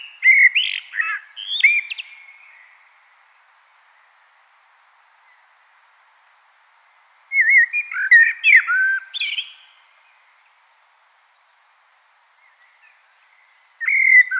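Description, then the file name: Common blackbird singing mellow warbled phrases with squeaky high endings, three bursts separated by long silences, the last cut off. "Turdus merula"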